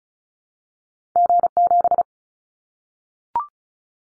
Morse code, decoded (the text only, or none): G7